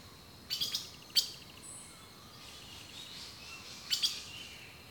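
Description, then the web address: Bird calls come as quick bursts of high chips, first a cluster, then a single sharp note, then another cluster after a pause, with faint whistles behind. Rainforest birdsong. "The Natural Sounds of the Wilderness collection Echoes of Nature - Rainforest Birdsong"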